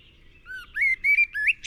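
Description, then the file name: Common blackbird song: a short run of clear fluting whistled notes, slightly rising and falling, ending in a high squeaky flourish. "Turdus merula"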